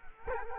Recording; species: mosquito wingbeat signal from an infrared sensor; Culex quinquefasciatus